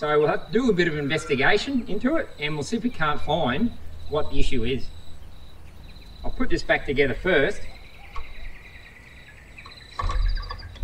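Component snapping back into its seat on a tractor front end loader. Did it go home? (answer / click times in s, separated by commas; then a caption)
yes / 10.0 s. Someone talks while working on a tractor front end loader, then pushes a loader part down until it snaps back into its seat. A few short hits sound near the end, with the loudest, sharpest snap at 10.0 seconds as the part seats back in position.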